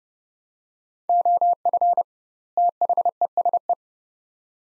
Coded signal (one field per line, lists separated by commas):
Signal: Morse code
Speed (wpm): 31 wpm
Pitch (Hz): 700 Hz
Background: none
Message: OF THESE